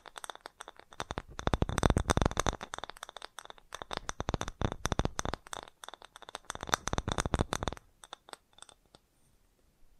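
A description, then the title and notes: Fast tapping runs in dense, rapid bursts of sharp clicks for most of the ten seconds, with a few brief pauses around three, six and eight seconds. The taps are crisp and bright. After about eight seconds they thin out to scattered light ticks before stopping. FAST TAPPING (No Talking).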